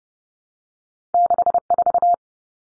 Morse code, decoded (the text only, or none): 64